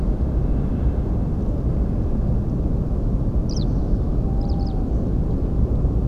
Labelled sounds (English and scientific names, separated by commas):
Eurasian Skylark (Alauda arvensis)